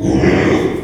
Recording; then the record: squeal of a Yucatan mini pig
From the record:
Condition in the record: after surgery on the right vocal fold (resection and tissue-engineered implant); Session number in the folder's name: 3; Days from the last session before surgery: 33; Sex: male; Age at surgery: 12 weeks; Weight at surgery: 13 kg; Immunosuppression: cyclosporine, prednisolone